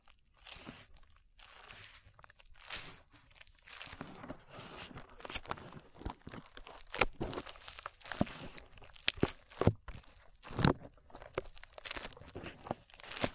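Slime is squished and pulled, giving a busy run of sticky, wet crackles and pops. Irregular clicks and crunchy snaps come several times a second. Louder sharp pops stand out near seconds 7, 9 and 10.5, over a low steady hiss.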